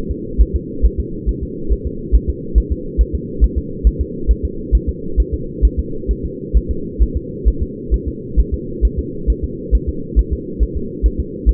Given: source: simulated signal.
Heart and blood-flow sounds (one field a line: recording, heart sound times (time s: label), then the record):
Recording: fetal heart sounds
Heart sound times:
0.11 s: S2
0.41 s: S1
0.56 s: S2
0.85 s: S1
1.00 s: S2
1.29 s: S1
1.43 s: S2
1.72 s: S1
1.87 s: S2
2.15 s: S1
2.29 s: S2
2.58 s: S1
2.72 s: S2
3.01 s: S1
3.15 s: S2
3.44 s: S1
3.58 s: S2
3.87 s: S1
4.01 s: S2
4.31 s: S1
4.45 s: S2
4.75 s: S1
4.89 s: S2
5.20 s: S1
5.34 s: S2
5.65 s: S1
5.79 s: S2
6.11 s: S1
6.25 s: S2
6.57 s: S1
6.71 s: S2
7.03 s: S1
7.17 s: S2
7.48 s: S1
7.62 s: S2
7.94 s: S1
8.08 s: S2
8.40 s: S1
8.54 s: S2
8.85 s: S1
8.99 s: S2
9.30 s: S1
9.44 s: S2
9.75 s: S1
9.89 s: S2
10.19 s: S1
10.33 s: S2
10.63 s: S1
10.77 s: S2
11.06 s: S1
11.20 s: S2
11.49 s: S1
From the record:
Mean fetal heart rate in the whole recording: 135 bpm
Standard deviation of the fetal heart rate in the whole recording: 3 bpm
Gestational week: 34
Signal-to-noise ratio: -4.3 dB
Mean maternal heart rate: 72 bpm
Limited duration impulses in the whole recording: absent